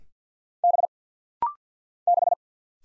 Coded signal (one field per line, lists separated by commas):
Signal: Morse code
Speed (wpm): 50 wpm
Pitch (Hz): 700 Hz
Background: none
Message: B 6